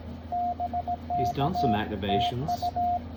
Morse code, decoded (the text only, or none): BKTU